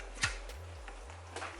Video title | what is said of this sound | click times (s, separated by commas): Should You Buy A REVAIR? - Unboxing - 1st Time Using | that was a little difficult so I turned that to lock it in place | 0.2 s